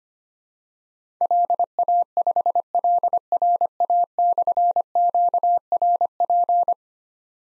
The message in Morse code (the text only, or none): LA5LRA/QRP